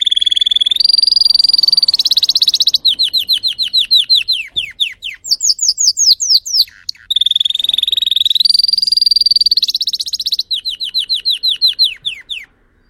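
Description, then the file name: Canary (Spanish Timbrado): canary song with long rapid trills, a stretch of falling slurred notes repeated in a fast series, a brief pause, then more rolling trills and descending slurs. Spanish Timbrado canary singing; title also calls it a Belgian canary. "canto do canario belga timbrado espanhol"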